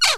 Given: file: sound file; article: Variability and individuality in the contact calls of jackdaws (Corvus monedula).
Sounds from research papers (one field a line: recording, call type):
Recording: jackdaw call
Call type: noisy